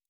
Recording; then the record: hydrophone in a shrimp aquaculture tank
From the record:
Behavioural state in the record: normal